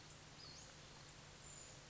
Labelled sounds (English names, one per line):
Western Flycatcher